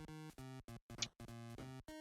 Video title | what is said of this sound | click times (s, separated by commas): Triple Treat! - Tobot 2023 Tritan | this will just slide in and click into place | 1.0 s